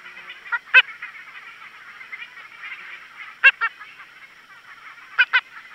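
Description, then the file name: Leprieur's slender-legged treefrog calls: three loud double-pulsed notes spaced a few seconds apart over a soft background chorus. "Osteocephalus leprieuri"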